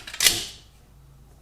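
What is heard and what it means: A Smith & Wesson M&P Shield magazine, now fitted with a Garrison Grip magazine extension, is pushed into the pistol's magazine well. A faint tap at 0.1 s is followed by a loud, sharp, bright click at 0.3 s that fades by about 0.6 s. The magazine with its extension seats in the pistol grip.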